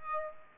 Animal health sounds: mosquito wingbeat signal from an infrared sensor; Aedes aegypti

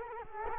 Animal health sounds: mosquito wingbeat signal from an infrared sensor; Culex quinquefasciatus

